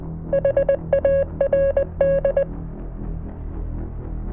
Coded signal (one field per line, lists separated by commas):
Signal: Morse code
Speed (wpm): 20 wpm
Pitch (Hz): 550 Hz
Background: music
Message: HARD